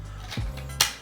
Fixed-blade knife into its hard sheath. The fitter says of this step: click into place in the holster the sheath is strong there so